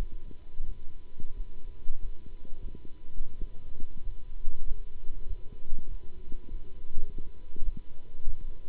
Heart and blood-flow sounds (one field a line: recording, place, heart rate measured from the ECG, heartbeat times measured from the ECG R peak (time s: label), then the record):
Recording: heart sounds by stethoscope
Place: between the tricuspid and mitral areas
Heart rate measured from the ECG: 95 bpm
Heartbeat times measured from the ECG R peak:
0.64 s: heartbeat
1.34 s: heartbeat
2.01 s: heartbeat
2.60 s: heartbeat
3.37 s: heartbeat
4.03 s: heartbeat
4.66 s: heartbeat
5.27 s: heartbeat
5.88 s: heartbeat
6.49 s: heartbeat
6.96 s: heartbeat
7.62 s: heartbeat
8.24 s: heartbeat
From the record:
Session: Bruce protocol treadmill stress test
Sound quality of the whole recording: good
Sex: male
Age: 26 years